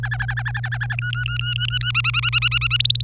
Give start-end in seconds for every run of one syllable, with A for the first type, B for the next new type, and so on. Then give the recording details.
0.03-0.95 A, 0.98-1.91 B, 1.95-2.77 C, 2.80-3.03 D. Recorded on 26 April 2018 at 12:19. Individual llb3